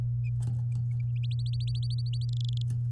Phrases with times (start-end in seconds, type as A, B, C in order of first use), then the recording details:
1.16-2.25 A, 2.29-2.62 B. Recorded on 9 May 2018 at 13:14. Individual llb16